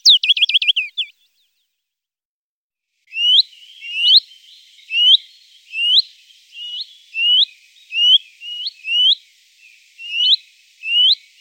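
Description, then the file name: Willow warbler: a quick burst of high sweeping notes, then after a pause a steady series of rising whistled notes, about one every half second to second. "Fitis"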